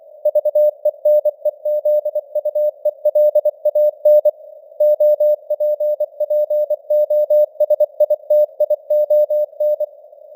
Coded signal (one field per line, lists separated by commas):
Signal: Morse code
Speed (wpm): 24 wpm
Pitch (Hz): 600 Hz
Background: none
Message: VENEZUELAN OPPOSITION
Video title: Morse Code News | 2026-01-16 | 24wpm